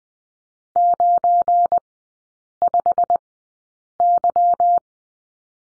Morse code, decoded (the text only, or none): 95Y